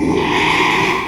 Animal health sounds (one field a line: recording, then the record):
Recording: squeal of a Yucatan mini pig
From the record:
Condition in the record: after surgery on the right vocal fold (resection and tissue-engineered implant)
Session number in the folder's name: 1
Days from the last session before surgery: 6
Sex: male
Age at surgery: 12 weeks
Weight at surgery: 13 kg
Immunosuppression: cyclosporine, prednisolone